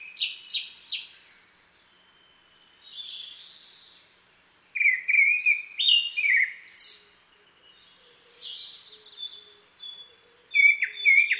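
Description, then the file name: Japanese thrush singing varied clear whistled phrases with quick repeated notes and thin high trills, pauses between phrase groups. "kurotsugumi"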